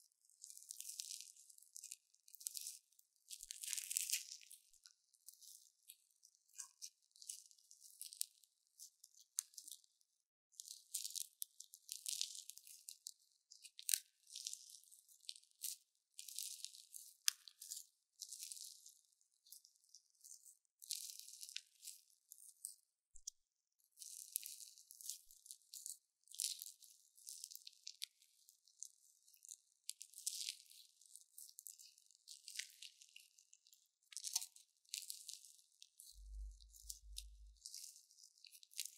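Crunchy slime being squeezed and pressed gives a near-continuous run of fine crackling and popping. The sounds are crisp and hissy, coming in dense bursts a second or two long with short gaps between them. A brief low thump lands near the end.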